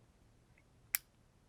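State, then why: Seated. The steel disconnector in the trigger mechanism of a Japanese Type 14 pistol springs back and re-engages as the trigger is slowly released. The clip opens with low background noise and a faint tick at 0.6 s, then a single sharp, bright reset click at 1.0 s. The disconnector has reset and re-engaged.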